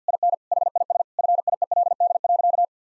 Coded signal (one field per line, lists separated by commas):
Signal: Morse code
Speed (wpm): 50 wpm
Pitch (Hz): 700 Hz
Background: none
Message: IN HIS FIELD.